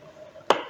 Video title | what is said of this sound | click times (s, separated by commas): Updated COVID-19 Face Shield Assembly Instructions | that's just snapped on there and | 0.5 s